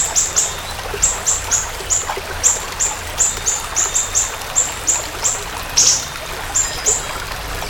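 Siri-siri bird repeating shrill high chirps at a brisk, fairly even rhythm, with one louder emphatic note late on.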